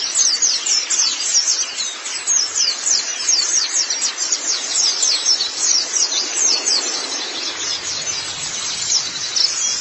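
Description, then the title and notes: White-eye song, fast, high-pitched chattering twitter with sharp notes packed several per second, running without pause through the whole stretch. "Suara kicauan burung pleci"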